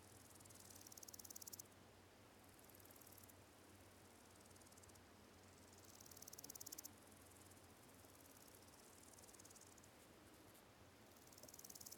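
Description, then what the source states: Cicadas buzz in high, finely pulsed bursts that start and stop every few seconds over a low hiss. Countryside ambience of quiet fields with slowly calling cicadas, three of them close.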